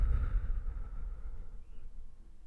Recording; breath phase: one breath near a microphone; exhalation